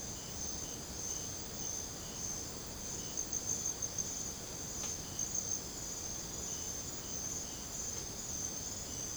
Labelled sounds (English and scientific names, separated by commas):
none